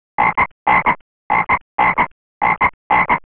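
Frog croaking in paired, raspy notes, six doubled croaks in quick succession over about three seconds against complete silence.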